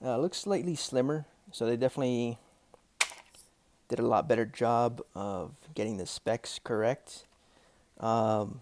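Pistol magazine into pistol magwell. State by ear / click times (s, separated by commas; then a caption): seated / 3.0 s. Someone talks while a pistol magazine is pushed into the magwell of a Wraith Works WARSCORP9 pistol. It goes right in with no issues and seats with one sharp, loud click at 3.0 s.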